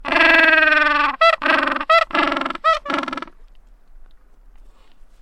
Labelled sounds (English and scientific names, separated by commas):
Gentoo Penguin (Pygoscelis papua) call